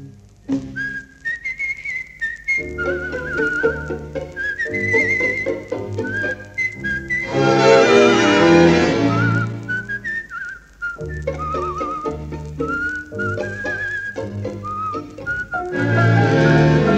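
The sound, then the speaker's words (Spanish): A man whistles a lilting song melody, bright and steady, over a full instrumental backing that swells loudly in the middle before the whistled tune returns. “y un reo meditabundo va silbando una canción.”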